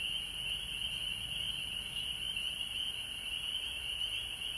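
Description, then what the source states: Frogs calling in a dense, unbroken chorus of high trilling notes, with a steady higher shrill hum above it throughout. Recorded at home in Georgia on March 19, 2020.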